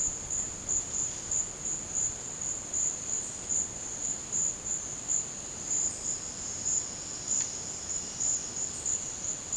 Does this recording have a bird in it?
no